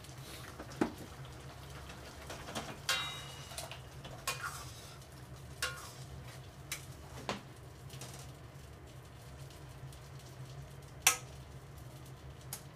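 Dishwashing clatter, with sharp clinks of dishes and cutlery landing every second or two over a steady low hum. The knocks bunch up in the first half, then thin out, with one loud bright clank near eleven seconds.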